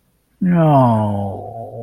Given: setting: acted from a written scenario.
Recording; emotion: vocal sound without words; sympathy